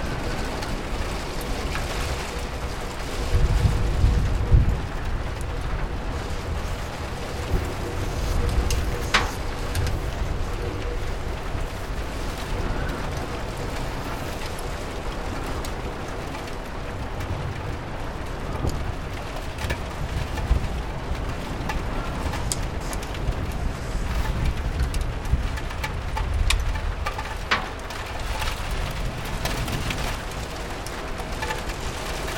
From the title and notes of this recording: COSY RAIN • A Desk in Front of a Rainy Window Is the Perfect Place to Study.